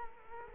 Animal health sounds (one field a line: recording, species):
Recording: mosquito wingbeat signal from an infrared sensor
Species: Culex quinquefasciatus